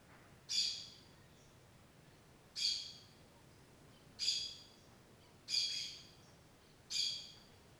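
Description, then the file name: Bird calls, sharp high chirps given singly about every one to two seconds, five in all, against a quiet indoor background. Inside a farm chapel; daytime interior ambience. "Ambiente interior capela de fazenda dia passaro dentro da capela"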